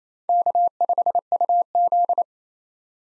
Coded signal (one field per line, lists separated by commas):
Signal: Morse code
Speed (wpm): 28 wpm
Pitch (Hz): 700 Hz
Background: none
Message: K5UZ